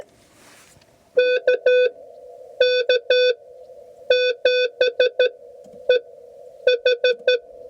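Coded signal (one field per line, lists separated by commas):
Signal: Morse code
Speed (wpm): 12 wpm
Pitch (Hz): 500 Hz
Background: none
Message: KK7EH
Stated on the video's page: CW POTA activation on 40 meters from Coronado National Forest, using an IC-705 and an 80-meter end-fed half-wave, by a newer CW operator.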